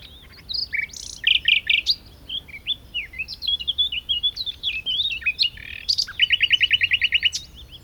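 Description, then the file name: Common nightingale song: varied high phrases of sharp chirps and slurred notes, ending in a fast, evenly spaced run of repeated clicking notes. "Luscinia megarhynchos"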